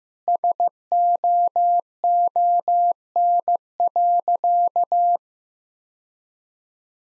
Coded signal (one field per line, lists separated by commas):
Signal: Morse code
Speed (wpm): 15 wpm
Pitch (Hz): 700 Hz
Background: none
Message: SOON.